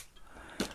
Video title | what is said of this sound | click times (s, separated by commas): 'Pick a Pocket' Tag Challenge No. 1 - - Part 2 | because they won't shut they might shut properly now i've got a nice clicky noise | 0.6 s